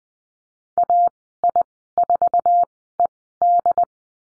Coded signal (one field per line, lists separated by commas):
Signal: Morse code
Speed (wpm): 21 wpm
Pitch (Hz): 700 Hz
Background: none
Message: AI4ED